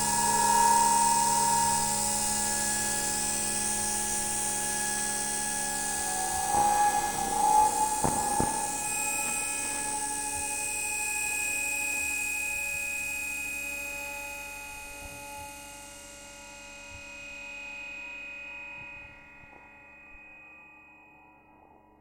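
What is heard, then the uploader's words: Electromagnetic signals picked up from underground train lines form a dense, steady hum of layered whines and buzzing tones, with a bright hiss on top. Around seven to nine seconds a few sharp clicks and a brief swell break through, then the sound gradually thins and fades. This interlude is a sonic representation of the mass transit hub that is Bank/Monument Tube Station. It comprises of recordings of the EM signals produced each of the underground lines that converge there. These include the Northern line, Central line, District line and the Waterloo & City line.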